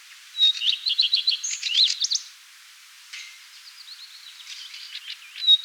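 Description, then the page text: Common redstart singing: a thin whistled start, then a fast warbling, slightly rattling phrase; after a pause a softer, scratchy twitter follows and another whistle begins at the end. "Common Redstart Song. Quick Sounds"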